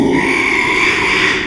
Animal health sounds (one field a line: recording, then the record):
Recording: squeal of a Yucatan mini pig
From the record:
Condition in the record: after surgery on the right vocal fold (resection and tissue-engineered implant)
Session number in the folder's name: 1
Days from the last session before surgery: 6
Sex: male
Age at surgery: 12 weeks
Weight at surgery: 13 kg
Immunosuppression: cyclosporine, prednisolone